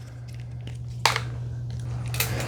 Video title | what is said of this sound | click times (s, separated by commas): CRAFTSMAN Battery Powered Sprayer Wand REVIEW Best Way To Spray Roundup & Ortho | and then this part is like a quick disconnect you're just going to push it in there till it clicks | 1.1 s